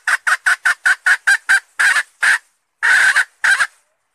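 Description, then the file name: Red junglefowl hen clucking in a fast string of short harsh notes that slows into a few longer, drawn-out squawks. Female (hen) red junglefowl calling to find a mate. "tieng ga rung mai keu tim kiem ban tinh"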